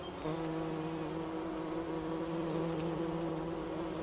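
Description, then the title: Bumblebee buzz, a strong low hum with clear harmonic bands whose pitch wavers slightly, plus a few sharp clicks. Wülfel, Hannover, Germany. "Wülfel, Hannover, Deutschland - Hummelgebrumm"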